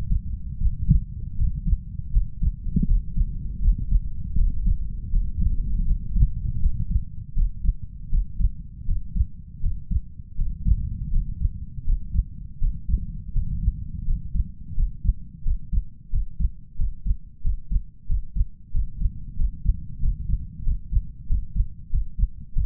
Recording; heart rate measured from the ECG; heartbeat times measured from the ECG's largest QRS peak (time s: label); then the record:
heart sounds by stethoscope; 85 bpm
0.58 s: heartbeat
1.36 s: heartbeat
2.11 s: heartbeat
2.85 s: heartbeat
3.60 s: heartbeat
4.35 s: heartbeat
5.10 s: heartbeat
5.85 s: heartbeat
6.60 s: heartbeat
7.34 s: heartbeat
8.09 s: heartbeat
8.85 s: heartbeat
9.60 s: heartbeat
10.36 s: heartbeat
11.10 s: heartbeat
11.84 s: heartbeat
12.58 s: heartbeat
13.32 s: heartbeat
14.04 s: heartbeat
14.74 s: heartbeat
15.42 s: heartbeat
16.10 s: heartbeat
16.76 s: heartbeat
17.41 s: heartbeat
18.06 s: heartbeat
18.71 s: heartbeat
19.36 s: heartbeat
20.00 s: heartbeat
20.63 s: heartbeat
21.27 s: heartbeat
21.90 s: heartbeat
22.53 s: heartbeat
From the record:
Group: healthy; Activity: Valsalva maneuver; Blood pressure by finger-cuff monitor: 112/87 mmHg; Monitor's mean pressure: 94 mmHg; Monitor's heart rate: 81 bpm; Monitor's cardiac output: 5.7 L/min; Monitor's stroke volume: 70 mL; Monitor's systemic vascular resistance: 1210 dyn s/cm5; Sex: male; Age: 21 years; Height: 180 cm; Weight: 67.5 kg